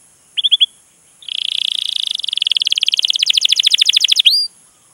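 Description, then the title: Canary song: a few quick rising chips, then a long rapid trill that grows into distinct fast repeated notes before stopping with an upward flourish. Canary song used as a lure to prompt other canaries to sing; long, energetic singing. "PANCINGAN Kenari GACOR PANJANG"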